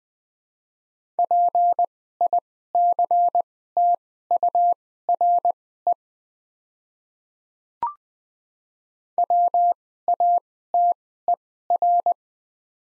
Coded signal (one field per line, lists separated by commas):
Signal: Morse code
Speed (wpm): 20 wpm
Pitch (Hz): 700 Hz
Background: none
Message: PICTURE WATER